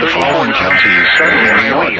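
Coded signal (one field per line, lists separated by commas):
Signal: Emergency Alert System (SAME) tones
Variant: header bursts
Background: speech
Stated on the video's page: Mock with valid tones depicting NOAA weather radio malfunctioning, suggesting a tampered ENDEC.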